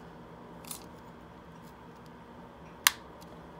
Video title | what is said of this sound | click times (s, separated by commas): 2003 C5 Corvette Ignition switch disassemble and cleaning of contacts | just hear it snap | 2.9 s